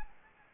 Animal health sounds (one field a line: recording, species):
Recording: mosquito wingbeat signal from an infrared sensor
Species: Anopheles gambiae